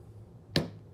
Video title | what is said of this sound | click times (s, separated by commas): [🛠️파크툴] PRS-33.2 파워 리프트 전동 스탠드 모터 재조립 방법 | Snapped into place. You can feel it's not going anywhere. It's nice and flush. | 0.6 s